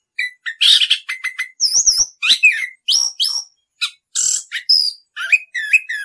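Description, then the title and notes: Orange-headed thrush song: rapid varied phrases of whistles, sharp chirps and buzzy trills, high-pitched, with brief pauses between bursts. Anis kembang singing in the ngerol (continuous rolling) song style; masteran tutor song. "Anis Kembang 9. suara anis kembang ngerol. Masteran Anis Kembang"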